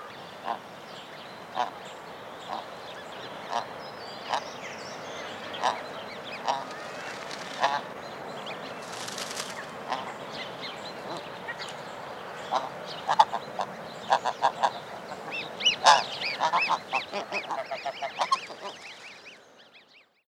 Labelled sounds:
Snow Goose (Anser caerulescens)
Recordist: Tembrock, Günter
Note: Laute einer Gans mit Gösseln

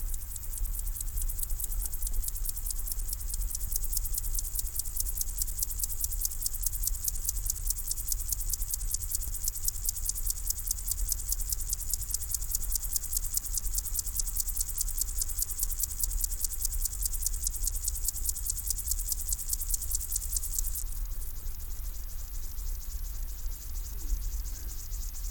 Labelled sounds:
Upland Field Grasshopper (Chorthippus apricarius)
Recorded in the wild
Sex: male
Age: imago
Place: Botanische Anlage Blankenfelde, Berlin, DE
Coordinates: 52.603, 13.4
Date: 1996-08-24 14:02
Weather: heiter, teilweise Gewitter, 24°C
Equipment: Sony MD-WM MZ-R3, Sennheiser ME 80, Kopie Uher 4000 Report Monitor
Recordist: Tembrock, Günter

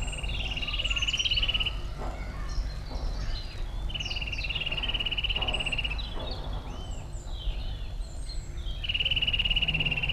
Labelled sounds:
Eurasian Nuthatch (Sitta europaea) song
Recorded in the wild
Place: IT
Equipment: Uher 4000
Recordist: Tretzel, Erwin

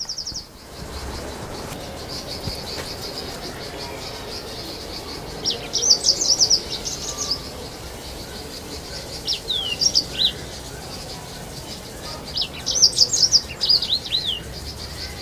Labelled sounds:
Yellow-fronted Canary (Crithagra mozambica) song
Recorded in captivity
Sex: male
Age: adult
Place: Zoo Berlin, Berlin, DE
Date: 2000-07-17 13:31
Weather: fair, 20°C
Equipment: Nagra SN, Kopie Uher 4000 Report Monitor
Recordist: Tembrock, Günter

